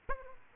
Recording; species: mosquito wingbeat signal from an infrared sensor; Aedes aegypti